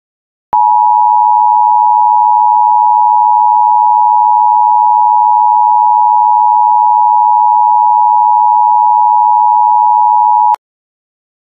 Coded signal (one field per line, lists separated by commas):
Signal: Emergency Alert System (SAME) tones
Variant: 853 and 960 Hz attention tone